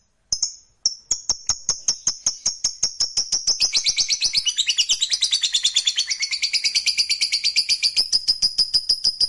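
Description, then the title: Lovebird song: a few separate sharp chips, then a long run of rapid, piercing chatter. Fighter-type lovebird, gacor (singing energetically). "Berkat SUARA Lovebird FIGHTER GACOR Ini"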